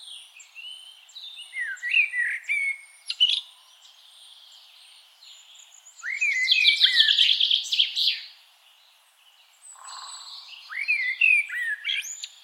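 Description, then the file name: Common blackbird: fluty warbling notes, then a loud burst of high chattering twitter, followed by another melodious whistled phrase. "Turdus merula"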